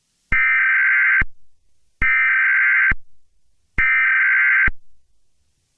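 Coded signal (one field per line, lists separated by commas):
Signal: Emergency Alert System (SAME) tones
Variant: header bursts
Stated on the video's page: Fictional EAS scenario.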